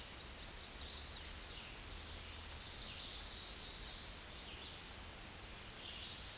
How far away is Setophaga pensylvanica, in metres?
about 45 m